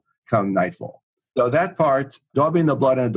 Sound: none